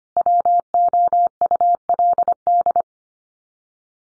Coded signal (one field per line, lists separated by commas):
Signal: Morse code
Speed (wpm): 25 wpm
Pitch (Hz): 700 Hz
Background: none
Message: WOULD